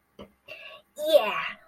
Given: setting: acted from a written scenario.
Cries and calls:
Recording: vocal sound without words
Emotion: elation

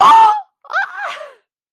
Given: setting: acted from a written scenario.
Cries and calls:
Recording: vocal sound without words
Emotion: positive surprise

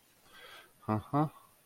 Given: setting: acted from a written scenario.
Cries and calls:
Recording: vocal sound without words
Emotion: contempt

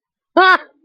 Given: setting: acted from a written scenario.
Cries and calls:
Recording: vocal sound without words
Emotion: fear

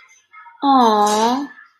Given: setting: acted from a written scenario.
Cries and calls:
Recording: vocal sound without words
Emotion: adoration

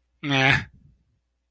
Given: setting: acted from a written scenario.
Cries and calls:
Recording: vocal sound without words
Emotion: neutral

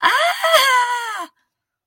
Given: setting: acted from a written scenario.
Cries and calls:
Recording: vocal sound without words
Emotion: elation

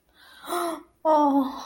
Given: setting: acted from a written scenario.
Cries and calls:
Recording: vocal sound without words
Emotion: awe

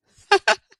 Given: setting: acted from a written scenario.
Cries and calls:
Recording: vocal sound without words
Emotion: pride

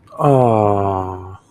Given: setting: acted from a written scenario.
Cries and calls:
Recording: vocal sound without words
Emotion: adoration

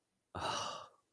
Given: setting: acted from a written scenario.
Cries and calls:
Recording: vocal sound without words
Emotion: relief

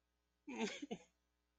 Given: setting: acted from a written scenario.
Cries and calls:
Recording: vocal sound without words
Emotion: distress

